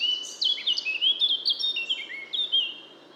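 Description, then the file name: Eurasian blackcap pouring out a rapid, melodious warble of pure sliding whistles, a burst of many notes fading at the close. "Sylvia atricapilla"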